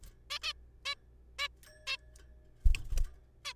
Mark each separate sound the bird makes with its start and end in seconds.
0.30-0.38, 0.42-0.53, 0.85-0.94, 1.39-1.48, 1.87-1.96, 3.45-3.53